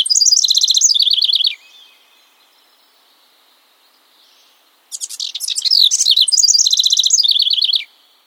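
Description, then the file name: House wren song: two rapid bubbling bursts of buzzy descending trills and chattering notes, about 1.5 and 3 seconds long, separated by a quiet pause. "Troglodytes aedon"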